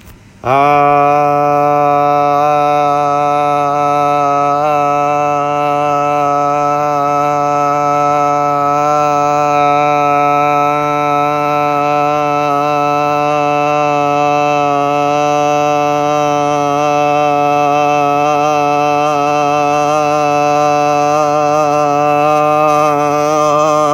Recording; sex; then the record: sustained vowel /a/; male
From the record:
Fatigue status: no fatigue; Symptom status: asymptomatic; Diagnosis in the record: COVID-19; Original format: m4a